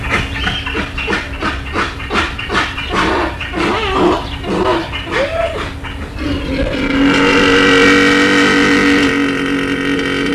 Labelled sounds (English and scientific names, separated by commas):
Horse (Equus caballus)